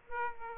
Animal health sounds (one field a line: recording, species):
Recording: mosquito wingbeat signal from an infrared sensor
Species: Aedes aegypti